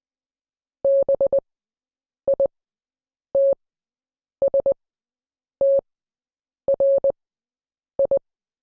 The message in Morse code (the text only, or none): BITSTRI